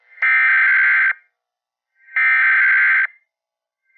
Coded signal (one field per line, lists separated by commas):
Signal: Emergency Alert System (SAME) tones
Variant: header bursts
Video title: EAS | The Attack III